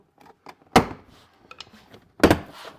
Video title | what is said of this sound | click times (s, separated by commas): Montage des soft close V5 plug&play de TLARD | ok on déclipse | 0.8 s, 2.2 s